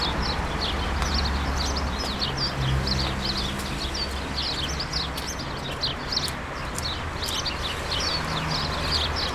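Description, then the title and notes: Many sparrows giving quick chirps in an irregular stream, above a steady low hum. Countless sparrows gathered in a hedge, attracted by birdseed balls hung by residents; Urbanstraße, January 17, 2009. "urbanstraße: spatzen in einer hecke - the city, the country & me: sparrows in a hedge. unzählige spatzen, angelockt von meisenknödeln, die von anwohnern in einer hecke angebracht wurden countless sparrows attracted by birdseed balls in a hedge the city, the country & me: january 17, 2009"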